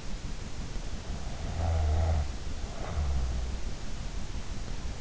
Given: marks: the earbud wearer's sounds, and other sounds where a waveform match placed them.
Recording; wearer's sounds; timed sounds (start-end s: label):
sounds in sleep by an in-ear microphone; snoring breath
1.34-3.68 s: snoring breath